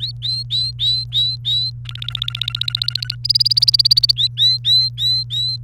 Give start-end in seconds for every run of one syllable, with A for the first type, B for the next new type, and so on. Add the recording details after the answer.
0.00-1.70 A, 1.85-3.15 B, 3.24-4.12 C, 4.16-5.57 A. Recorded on 28 April 2018 at 15:16. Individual llb3